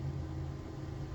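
The custom column shift linkage on a 1951 Plymouth is handled at the transmission selector as it is moved from park toward the reverse detent. Only a steady low rumble like an idling engine is heard, with no sharp sounds. Nothing has seated or clicked into the detent yet.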